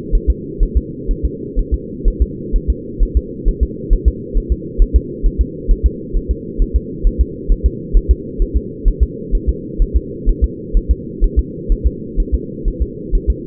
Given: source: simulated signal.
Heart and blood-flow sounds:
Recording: fetal heart sounds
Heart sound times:
0.15 s: S1
0.30 s: S2
0.63 s: S1
0.77 s: S2
1.11 s: S1
1.25 s: S2
1.59 s: S1
1.74 s: S2
2.08 s: S1
2.22 s: S2
2.56 s: S1
2.70 s: S2
3.03 s: S1
3.17 s: S2
3.48 s: S1
3.63 s: S2
3.93 s: S1
4.08 s: S2
4.38 s: S1
4.52 s: S2
4.82 s: S1
4.96 s: S2
5.26 s: S1
5.41 s: S2
5.71 s: S1
5.86 s: S2
6.17 s: S1
6.31 s: S2
6.62 s: S1
6.76 s: S2
7.07 s: S1
7.21 s: S2
7.52 s: S1
7.66 s: S2
7.97 s: S1
8.11 s: S2
8.42 s: S1
8.57 s: S2
8.88 s: S1
9.03 s: S2
9.35 s: S1
9.49 s: S2
9.82 s: S1
9.97 s: S2
10.29 s: S1
10.44 s: S2
10.77 s: S1
10.91 s: S2
11.24 s: S1
11.39 s: S2
11.72 s: S1
11.87 s: S2
12.20 s: S1
12.34 s: S2
12.68 s: S1
12.82 s: S2
13.15 s: S1
13.30 s: S2
From the record:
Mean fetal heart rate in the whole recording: 130 bpm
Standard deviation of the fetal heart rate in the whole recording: 4 bpm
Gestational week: 38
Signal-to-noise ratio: -4.1 dB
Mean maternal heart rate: no maternal heart sound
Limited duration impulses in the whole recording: absent

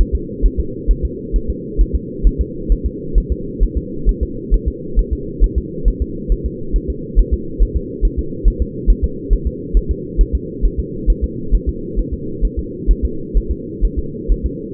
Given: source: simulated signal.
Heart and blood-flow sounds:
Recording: fetal heart sounds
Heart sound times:
0.01 s: S1
0.15 s: S2
0.45 s: S1
0.60 s: S2
0.91 s: S1
1.05 s: S2
1.36 s: S1
1.50 s: S2
1.81 s: S1
1.95 s: S2
2.27 s: S1
2.41 s: S2
2.72 s: S1
2.86 s: S2
3.18 s: S1
3.32 s: S2
3.63 s: S1
3.77 s: S2
4.09 s: S1
4.23 s: S2
4.54 s: S1
4.68 s: S2
4.99 s: S1
5.13 s: S2
5.44 s: S1
5.58 s: S2
5.88 s: S1
6.02 s: S2
6.32 s: S1
6.46 s: S2
6.76 s: S1
6.90 s: S2
7.19 s: S1
7.34 s: S2
7.62 s: S1
7.77 s: S2
8.05 s: S1
8.19 s: S2
8.48 s: S1
8.62 s: S2
8.90 s: S1
9.04 s: S2
9.33 s: S1
9.47 s: S2
9.77 s: S1
9.91 s: S2
10.21 s: S1
10.35 s: S2
10.65 s: S1
10.79 s: S2
11.10 s: S1
11.24 s: S2
11.55 s: S1
11.69 s: S2
11.99 s: S1
12.13 s: S2
12.45 s: S1
12.59 s: S2
12.91 s: S1
13.05 s: S2
13.37 s: S1
13.52 s: S2
13.84 s: S1
13.99 s: S2
14.32 s: S1
14.46 s: S2
From the record:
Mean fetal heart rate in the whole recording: 135 bpm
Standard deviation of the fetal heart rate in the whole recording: 3 bpm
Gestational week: 36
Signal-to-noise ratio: -4.3 dB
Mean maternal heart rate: 72 bpm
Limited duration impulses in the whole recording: absent

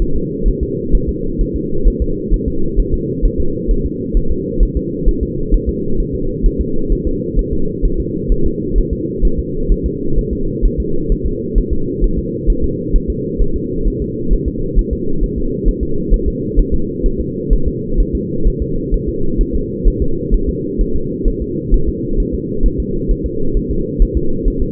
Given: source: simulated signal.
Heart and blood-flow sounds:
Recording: fetal heart sounds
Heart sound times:
0.02 s: S1
0.16 s: S2
0.48 s: S1
0.63 s: S2
0.95 s: S1
1.09 s: S2
1.41 s: S1
1.56 s: S2
1.88 s: S1
2.02 s: S2
2.34 s: S1
2.48 s: S2
2.80 s: S1
2.94 s: S2
3.25 s: S1
3.40 s: S2
3.71 s: S1
3.86 s: S2
4.17 s: S1
4.31 s: S2
4.63 s: S1
4.77 s: S2
5.09 s: S1
5.23 s: S2
5.54 s: S1
5.69 s: S2
6.00 s: S1
6.15 s: S2
6.46 s: S1
6.61 s: S2
6.92 s: S1
7.07 s: S2
7.39 s: S1
7.53 s: S2
7.85 s: S1
8.00 s: S2
8.32 s: S1
8.46 s: S2
8.78 s: S1
8.93 s: S2
9.25 s: S1
9.39 s: S2
9.72 s: S1
9.86 s: S2
10.19 s: S1
10.33 s: S2
10.65 s: S1
10.80 s: S2
11.12 s: S1
11.26 s: S2
11.58 s: S1
11.73 s: S2
12.04 s: S1
12.19 s: S2
12.50 s: S1
12.64 s: S2
12.96 s: S1
13.10 s: S2
13.42 s: S1
13.56 s: S2
13.88 s: S1
14.02 s: S2
14.33 s: S1
14.48 s: S2
14.79 s: S1
14.93 s: S2
15.24 s: S1
15.38 s: S2
15.68 s: S1
15.83 s: S2
16.14 s: S1
16.28 s: S2
16.59 s: S1
16.74 s: S2
17.06 s: S1
17.20 s: S2
17.53 s: S1
17.68 s: S2
18.00 s: S1
18.15 s: S2
18.47 s: S1
18.62 s: S2
18.94 s: S1
19.09 s: S2
19.41 s: S1
19.55 s: S2
19.88 s: S1
20.02 s: S2
20.34 s: S1
20.49 s: S2
20.81 s: S1
20.96 s: S2
21.28 s: S1
21.42 s: S2
21.74 s: S1
21.89 s: S2
22.20 s: S1
22.34 s: S2
22.66 s: S1
22.80 s: S2
23.11 s: S1
23.26 s: S2
23.57 s: S1
23.71 s: S2
24.02 s: S1
24.17 s: S2
24.48 s: S1
24.62 s: S2
From the record:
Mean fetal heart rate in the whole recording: 130 bpm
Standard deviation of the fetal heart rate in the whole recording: 2 bpm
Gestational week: 38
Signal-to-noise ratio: -8.1 dB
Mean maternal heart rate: 72 bpm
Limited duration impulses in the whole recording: absent

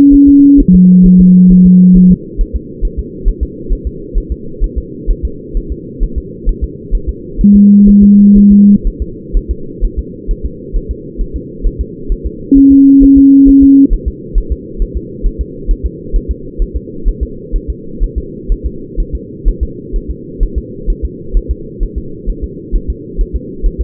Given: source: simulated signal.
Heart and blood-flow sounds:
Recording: fetal heart sounds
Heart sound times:
0.14 s: S1
0.29 s: S2
0.60 s: S1
0.75 s: S2
1.06 s: S1
1.21 s: S2
1.52 s: S1
1.66 s: S2
1.97 s: S1
2.11 s: S2
2.41 s: S1
2.56 s: S2
2.85 s: S1
2.99 s: S2
3.28 s: S1
3.43 s: S2
3.73 s: S1
3.87 s: S2
4.18 s: S1
4.32 s: S2
4.64 s: S1
4.78 s: S2
5.10 s: S1
5.25 s: S2
5.57 s: S1
5.72 s: S2
6.03 s: S1
6.18 s: S2
6.49 s: S1
6.64 s: S2
6.95 s: S1
7.09 s: S2
7.41 s: S1
7.56 s: S2
7.89 s: S1
8.03 s: S2
8.38 s: S1
8.52 s: S2
8.87 s: S1
9.02 s: S2
9.37 s: S1
9.51 s: S2
9.85 s: S1
9.99 s: S2
10.31 s: S1
10.45 s: S2
10.76 s: S1
10.91 s: S2
11.21 s: S1
11.36 s: S2
11.66 s: S1
11.81 s: S2
12.12 s: S1
12.26 s: S2
12.58 s: S1
12.72 s: S2
13.03 s: S1
13.18 s: S2
13.49 s: S1
13.63 s: S2
13.94 s: S1
14.08 s: S2
14.38 s: S1
14.52 s: S2
14.82 s: S1
14.97 s: S2
15.26 s: S1
15.41 s: S2
15.71 s: S1
15.86 s: S2
16.16 s: S1
16.31 s: S2
16.62 s: S1
16.76 s: S2
17.08 s: S1
17.23 s: S2
17.56 s: S1
17.70 s: S2
18.03 s: S1
18.18 s: S2
18.52 s: S1
18.66 s: S2
19.00 s: S1
19.15 s: S2
19.48 s: S1
19.63 s: S2
19.96 s: S1
20.11 s: S2
20.43 s: S1
20.58 s: S2
20.90 s: S1
21.05 s: S2
21.37 s: S1
21.51 s: S2
21.83 s: S1
21.98 s: S2
22.30 s: S1
22.44 s: S2
22.75 s: S1
22.90 s: S2
23.21 s: S1
23.36 s: S2
23.66 s: S1
23.81 s: S2
From the record:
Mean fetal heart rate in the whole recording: 130 bpm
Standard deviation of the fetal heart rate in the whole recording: 4 bpm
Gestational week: 38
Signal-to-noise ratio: -4.3 dB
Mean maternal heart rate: 72 bpm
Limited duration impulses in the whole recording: present

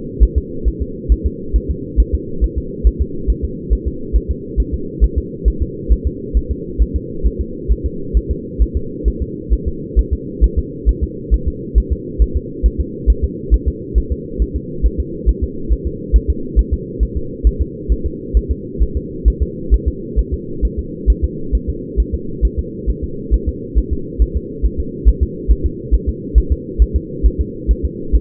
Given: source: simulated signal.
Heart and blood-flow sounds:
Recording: fetal heart sounds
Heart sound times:
0.23 s: S1
0.38 s: S2
0.68 s: S1
0.82 s: S2
1.12 s: S1
1.26 s: S2
1.56 s: S1
1.71 s: S2
2.00 s: S1
2.15 s: S2
2.44 s: S1
2.58 s: S2
2.87 s: S1
3.01 s: S2
3.30 s: S1
3.45 s: S2
3.73 s: S1
3.88 s: S2
4.16 s: S1
4.31 s: S2
4.60 s: S1
4.74 s: S2
5.04 s: S1
5.18 s: S2
5.48 s: S1
5.62 s: S2
5.92 s: S1
6.07 s: S2
6.37 s: S1
6.51 s: S2
6.82 s: S1
6.96 s: S2
7.26 s: S1
7.41 s: S2
7.72 s: S1
7.86 s: S2
8.17 s: S1
8.31 s: S2
8.62 s: S1
8.77 s: S2
9.08 s: S1
9.22 s: S2
9.53 s: S1
9.68 s: S2
9.99 s: S1
10.13 s: S2
10.44 s: S1
10.59 s: S2
10.89 s: S1
11.03 s: S2
11.34 s: S1
11.48 s: S2
11.78 s: S1
11.92 s: S2
12.22 s: S1
12.37 s: S2
12.66 s: S1
12.80 s: S2
13.10 s: S1
13.24 s: S2
13.54 s: S1
13.68 s: S2
13.98 s: S1
14.12 s: S2
14.42 s: S1
14.56 s: S2
14.86 s: S1
15.00 s: S2
15.29 s: S1
15.44 s: S2
15.72 s: S1
15.87 s: S2
16.16 s: S1
16.30 s: S2
16.59 s: S1
16.73 s: S2
17.03 s: S1
17.17 s: S2
17.47 s: S1
17.62 s: S2
17.92 s: S1
18.06 s: S2
18.37 s: S1
18.51 s: S2
18.82 s: S1
18.97 s: S2
19.28 s: S1
19.42 s: S2
19.74 s: S1
19.88 s: S2
20.19 s: S1
20.34 s: S2
20.65 s: S1
20.79 s: S2
21.10 s: S1
21.24 s: S2
21.55 s: S1
21.69 s: S2
22.00 s: S1
22.14 s: S2
22.45 s: S1
22.59 s: S2
22.90 s: S1
23.04 s: S2
23.34 s: S1
23.48 s: S2
23.78 s: S1
23.93 s: S2
24.22 s: S1
24.37 s: S2
24.66 s: S1
24.80 s: S2
25.09 s: S1
25.23 s: S2
25.51 s: S1
25.66 s: S2
25.94 s: S1
26.09 s: S2
26.38 s: S1
26.52 s: S2
26.82 s: S1
26.96 s: S2
27.26 s: S1
27.41 s: S2
27.71 s: S1
27.85 s: S2
28.15 s: S1
From the record:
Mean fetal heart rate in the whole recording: 135 bpm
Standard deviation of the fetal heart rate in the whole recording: 3 bpm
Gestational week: 34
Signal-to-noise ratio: -4.3 dB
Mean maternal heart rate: 72 bpm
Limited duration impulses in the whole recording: absent

